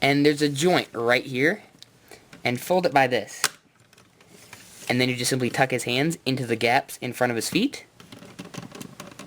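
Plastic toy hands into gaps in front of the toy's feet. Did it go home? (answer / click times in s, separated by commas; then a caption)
no / none. Someone talks while tucking the plastic hands of a transforming Ninja Megazord robot toy into the gaps in front of its feet to form the lower half of the combined robot. Faint plastic clicks and handling taps are heard between the talking, around 3.9 to 4.5 s and again near the end. The hands have not snapped into place yet; nothing has seated or clicked.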